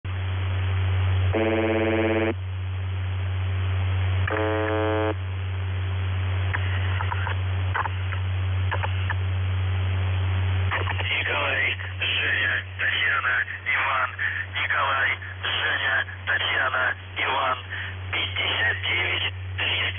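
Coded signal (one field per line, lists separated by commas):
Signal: numbers station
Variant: UVB-76, Russian voice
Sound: two harsh buzzes over a steady low hum, then a voice reading words and numbers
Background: radio hum and static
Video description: Callsign: NZhTI (НЖТИ) Message text: 59 398 TEGOChYeK (ТЕГОЧЕК) 93 76 56 93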